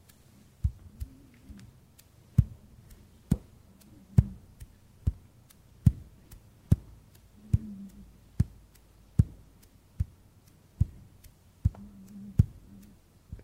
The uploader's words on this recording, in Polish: ASMR DŹWIĘKI DŁONI 40 MINUT! 50+ DŹWIĘKÓW.